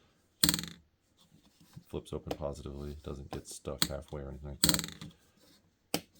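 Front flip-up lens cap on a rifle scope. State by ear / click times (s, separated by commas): seated / 5.9 s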